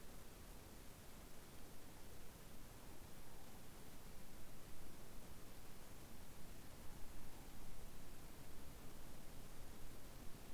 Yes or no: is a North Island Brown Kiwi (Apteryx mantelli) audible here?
no